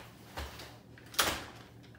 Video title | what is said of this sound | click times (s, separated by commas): Venice Child Maverick Stroller System Review & Demo! | it just kind of opens up and clicks into place really simple | 1.2 s